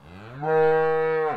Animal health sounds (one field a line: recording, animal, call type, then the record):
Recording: contact call of a hoofed animal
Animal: cattle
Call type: low-frequency (closed-mouth) or high-frequency (open-mouth) call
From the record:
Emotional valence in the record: negative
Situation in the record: full separation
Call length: 1.37 s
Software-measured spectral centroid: 1200 Hz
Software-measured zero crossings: 1240 a second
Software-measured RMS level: -23 dBFS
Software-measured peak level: -10 dBFS